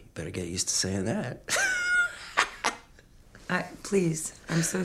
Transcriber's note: laughter